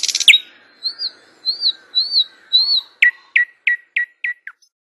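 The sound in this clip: Thrush nightingale phrase: a brief harsh burst, four slurred whistled notes evenly spaced, then six sharp descending chips repeated about three per second.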